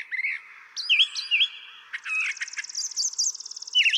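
Brown thrasher song: rich mix of slurred whistles and a long buzzy rattle, delivered almost without pause.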